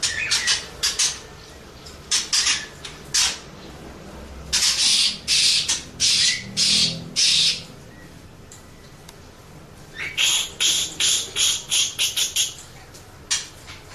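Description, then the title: Birds calling: bursts of harsh, scratchy squawks in uneven groups, a quieter stretch, then a quick series of rasping chirps. "Burung Campur4"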